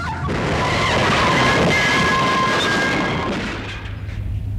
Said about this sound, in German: LKW BZ2349 vor uns. Versucht zu entkommen. Sind neben ihm. Werden ihn stoppen. LKW versucht auszuweichen. Rast auf Bürgersteig. Streift Laterne. Auf eine Mauer zu.